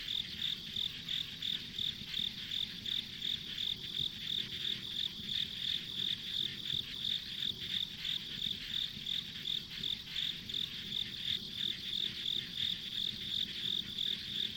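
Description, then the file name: Continuous high insect chirping repeated about three times per second throughout, with a low steady rumble beneath. Ambient insect sounds recorded on a country road. "田舎道の虫の環境音"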